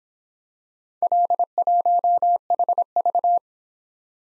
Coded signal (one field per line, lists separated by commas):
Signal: Morse code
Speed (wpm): 26 wpm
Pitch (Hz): 700 Hz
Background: none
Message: L1HV